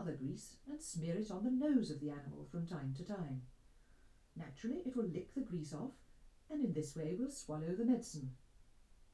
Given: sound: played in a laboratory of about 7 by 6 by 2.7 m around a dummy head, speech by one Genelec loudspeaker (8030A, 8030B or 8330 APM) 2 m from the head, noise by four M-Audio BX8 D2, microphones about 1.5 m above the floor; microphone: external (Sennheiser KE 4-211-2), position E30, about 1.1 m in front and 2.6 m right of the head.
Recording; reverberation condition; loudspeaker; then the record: female speech in English; low; 30 degrees to the right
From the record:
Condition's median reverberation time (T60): about 310 ms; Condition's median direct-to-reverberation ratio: about 3.5 dB